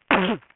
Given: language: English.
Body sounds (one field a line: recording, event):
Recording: throat vibration sensor signal played as sound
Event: cough